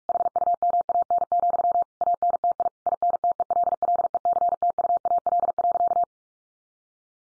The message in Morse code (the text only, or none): HUMAN, ANTI INTELLECTUAL.